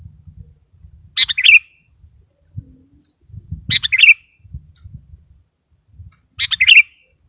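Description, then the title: Sooty-headed bulbul song: three bubbly phrases about two and a half seconds apart, with low knocking noises and a faint steady high whine. "kutilang"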